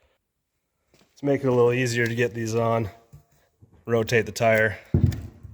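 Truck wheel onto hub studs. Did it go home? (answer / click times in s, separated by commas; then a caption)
yes / 5.1 s. A steel combat wheel and tire is rotated on an LMTV or 5-ton truck until its stud holes line up, then it drops onto the hub studs. Someone talks first, and then a single sharp metallic knock at 5.1 s marks the wheel seating on the studs.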